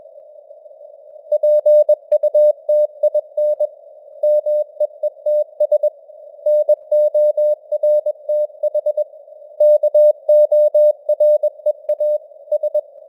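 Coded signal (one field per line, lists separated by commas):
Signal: Morse code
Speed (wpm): 21 wpm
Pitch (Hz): 600 Hz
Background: none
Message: PUTIN MEETS NORTH KOREA S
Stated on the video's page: Morse news headlines at 21 wpm with simulated radio noise and varying signal strength (QSB); an experiment.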